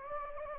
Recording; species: mosquito wingbeat signal from an infrared sensor; Anopheles gambiae